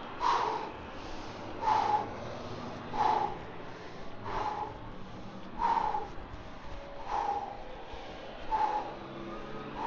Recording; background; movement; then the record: deep breathing; traffic; walking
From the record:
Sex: male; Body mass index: 22.0 kg/m2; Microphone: on the chest, facing outward